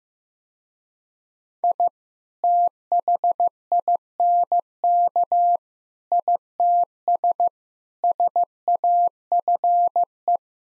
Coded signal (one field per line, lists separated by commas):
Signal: Morse code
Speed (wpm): 16 wpm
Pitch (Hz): 700 Hz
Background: none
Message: I THINK ITS SAFE